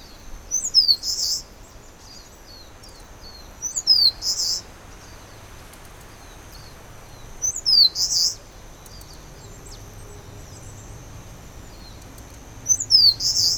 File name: warbler-eastern-crowned -Phylloscopus-coronatus